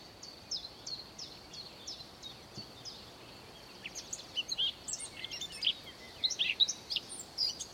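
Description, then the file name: Eurasian blackcap song: faint, evenly repeated high ticks at first, then a fast jumble of warbled, twittering notes that grows louder in the second half. "Sylvia atricapilla"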